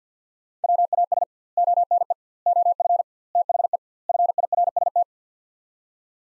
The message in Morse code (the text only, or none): WAS ONE OF THE FIRST